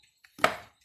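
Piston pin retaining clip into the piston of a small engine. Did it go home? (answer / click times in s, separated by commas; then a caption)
yes / 0.4 s. A metal retaining lock clip for the piston pin is fitted into the piston of a 5.5 hp small engine during reassembly. A faint tick at about 0.2 s is followed by a sharp, bright metallic snap at 0.4 s that rings and fades over about a quarter second. The clip is seated in its groove and the part is fully installed.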